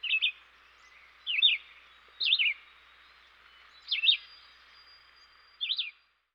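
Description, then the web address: Red-eyed vireo singing five brief, burry whistled phrases that rise and fall quickly, spaced one to two seconds apart, with a soft steady hiss behind. Eastern North America. "Dan Gibson Wildlife Identification By Sound, Eastern North America Pt 1. Red-Eyed Vireo"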